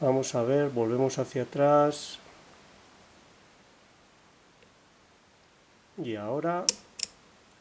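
Someone talks while picking a Chubb Cruiser high-security padlock, setting the last pins and turning the plug, then a quiet stretch follows. More talk resumes near 6 s, and a sharp, loud click at 7.0 s marks the shackle popping open as the lock is released.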